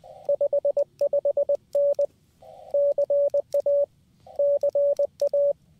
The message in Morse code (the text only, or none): 55N CA CA